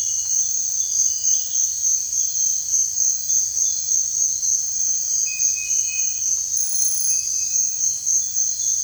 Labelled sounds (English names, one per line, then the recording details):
none
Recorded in dense forest near Puerto Asís, Putumayo, Colombia, on 26 December 2024 at 05:00
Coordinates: 0.468, -76.322
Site G071